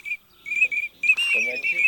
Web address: Чирок-свистунок Alzavola